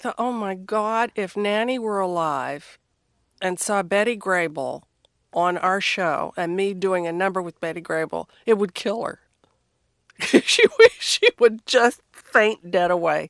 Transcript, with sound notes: and I thought, oh my god, if Nanny were alive and saw Betty Grable on our show and me doing a number with Betty Grable, it would kill her.
(LAUGHTER)
She would just faint dead away.